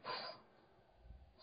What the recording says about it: My chihuahua is like sneezing like crazy. It's like she sniffed something and now she's trying to get it out of her nose.